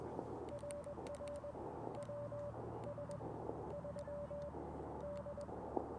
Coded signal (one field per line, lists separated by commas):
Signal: Morse code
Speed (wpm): 20 wpm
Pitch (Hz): 580 Hz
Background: radio noise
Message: RR WS3D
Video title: 1 Watt CW POTA Challenge! KX2 and AX-1... Failure!